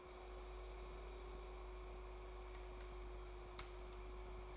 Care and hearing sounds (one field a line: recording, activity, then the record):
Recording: daily activity, microphone in the room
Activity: make coffee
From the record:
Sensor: 1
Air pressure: 1004.3 hPa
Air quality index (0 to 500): 198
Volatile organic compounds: 18 ppm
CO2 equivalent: 2625 ppm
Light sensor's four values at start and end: 5/14/5/6 and 5/14/5/6